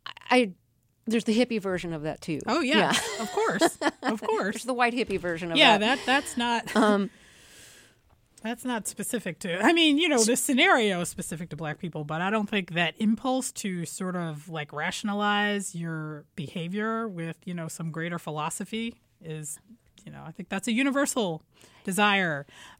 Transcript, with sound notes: there's the hippie version of that, too. (Laughter).
Oh, yes, of course, of course.
There's the white hippie version of that.
Yeah, that's not - that's not specific to - I mean, you know, this scenario is specific to black people. But I don't think that impulse to sort of, like, rationalize your behavior with, you know, some greater philosophy is, you know - I think that's a universal desire.